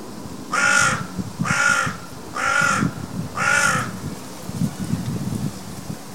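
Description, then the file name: Carrion crow cawing: four harsh, hoarse caws about one second apart, followed by a stretch of low rustling and rumbling noise. "Corvus corone"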